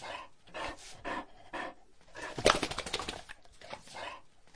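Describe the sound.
Shar Pei dog shaking its head, bursts of flapping, rattling noise, with a louder shake in the middle.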